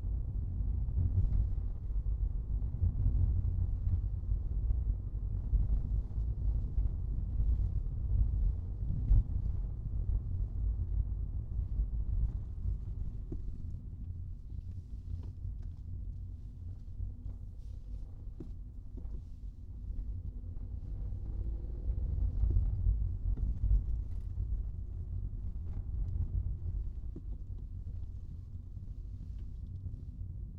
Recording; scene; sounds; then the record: everyday scene through a hearing-aid microphone; in a vehicle; engine, rumble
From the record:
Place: Skoda Fabia, gasoline engine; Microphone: in the ear canal, right